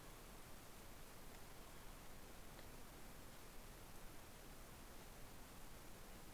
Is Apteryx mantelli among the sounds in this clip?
no